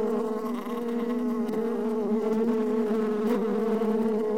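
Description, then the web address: Wasp wing buzz, a loud continuous droning hum with a slight wavering in pitch throughout. "osa odglosy"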